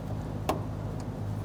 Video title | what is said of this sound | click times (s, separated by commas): How to Replace Fuel Pump Lock Ring 2008-2013 Infiniti G37x | push it on you're going to feel in here it snap into place but give that a little tug make sure it's locked on | 0.5 s